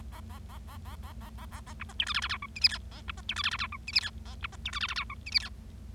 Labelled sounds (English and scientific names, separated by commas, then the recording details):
Bengalese Finch (Lonchura striata domestica) song
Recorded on 25 March 2012 at 17:01
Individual gy6or6